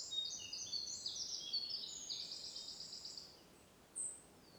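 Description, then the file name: Eurasian wren singing a fast, high-pitched rattling trill for about three seconds, followed by quiet and then one short sharp note. "Troglodytes troglodytes"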